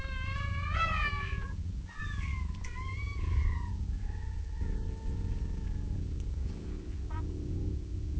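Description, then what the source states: Cat meowing, a bright wavering call at the start, several shorter meows, then a long, soft drawn-out meow, with low rumble throughout. Gently meowing and purring in long intervals.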